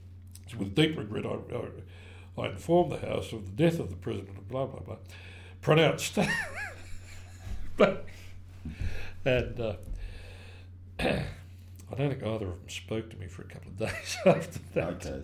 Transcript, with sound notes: with deep regret that I inform the House of the death of the President of blah, blah, blah — pronounced,’ [laughs]. And I don’t think either of them spoke to me for a couple of days after that.